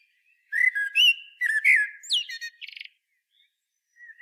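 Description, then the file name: Common blackbird song: a quick sequence of loud, mellow whistled notes that falls into a harsh, buzzy high twitter at the end. "Turdus merula"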